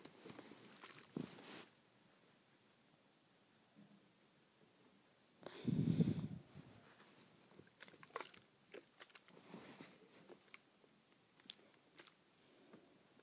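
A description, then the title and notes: A hair spray bottle is handled and shaken. A couple of brief rustles open the clip, then a louder, low thumping burst comes around six seconds. Irregular sharp clicks and rattles follow through the second half, separated by quiet gaps. ASMR Shaking Hair Spray Bottle.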